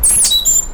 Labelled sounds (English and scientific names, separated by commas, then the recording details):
Stitchbird (Notiomystis cincta) song
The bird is a male
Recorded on Tiritiri Matangi Island, New Zealand, in 2005
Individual 1, of nest box 1